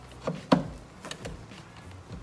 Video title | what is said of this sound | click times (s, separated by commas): BMW E92 335xi HEADLIGHT INSTALL | press it in until it snaps it's | 0.5 s